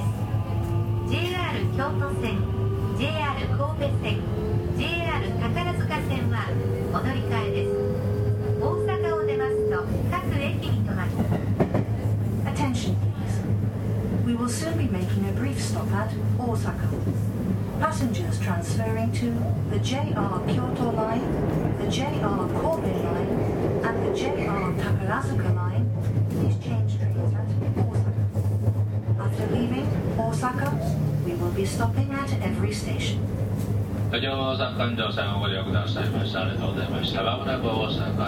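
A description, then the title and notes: Interior running sound of a 223 series train, a steady loud low rumble throughout. A motor whine climbs in pitch over the first ten seconds, and voices or an announcement come and go over the noise. Near the end a brighter hiss sets in. JR西日本223系 環状線外回り 関空・紀州路快速 天王寺から大阪まで. 西日本旅客鉄道（JR西日本）223系電車の走行音です。 大阪環状線の外回り、関空・紀州路快速で録音しました。 Running sound of a 223 series train. Osaka Loop Line 's Outer Rapid Train.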